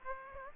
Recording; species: mosquito wingbeat signal from an infrared sensor; Aedes aegypti